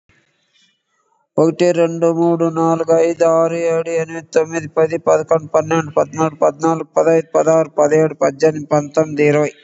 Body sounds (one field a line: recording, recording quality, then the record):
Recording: counting at a fast pace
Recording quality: excellent, no background noise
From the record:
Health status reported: COVID-19 positive, mild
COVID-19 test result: positive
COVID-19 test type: RT-PCR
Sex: male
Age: 56 years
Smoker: no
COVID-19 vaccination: both doses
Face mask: not worn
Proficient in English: no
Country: India